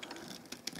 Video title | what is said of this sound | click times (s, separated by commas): Transformers Movie 4 - TF4 - Age of Extinction - Flip & Change - Lockdown - FULL HD | heißt drücken bis es einrastet das | 0.7 s